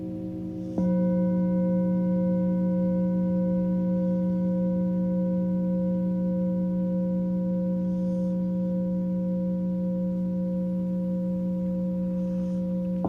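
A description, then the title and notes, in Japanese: A singing bowl rings out just under a second in, its tone strong at first and sustained steadily for the rest of the clip. The sound is a rich, low hum layered with several clear, higher overtones, holding with a slight pulsing wobble and fading only very gradually. メキシコから シンギングボウルのサウンドヒーリング。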